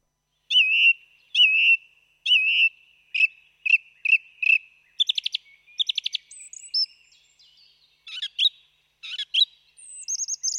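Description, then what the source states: Song thrush song: a clear whistled note repeated three times, then short phrases each given several times in rapid succession, ending with high squeaky notes. Recorded excerpt played on the radio.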